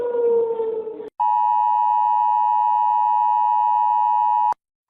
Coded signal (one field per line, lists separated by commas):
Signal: Emergency Alert System (SAME) tones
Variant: 853 and 960 Hz attention tone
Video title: compilation of all the eas alarms from every country (READ DESC)